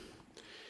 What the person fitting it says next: You did hear that snap when it went over that.